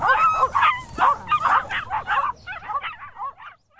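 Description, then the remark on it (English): Several puppies bark and yip in quick, overlapping bursts, high-pitched and lively, the chorus loud at first before thinning into scattered smaller yelps and whimpers. “You take full responsibility for those puppies. I certainly do. Here they are, then.”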